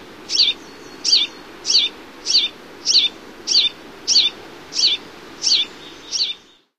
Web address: Songs of Birds of North America Stokes. Huttons Vireo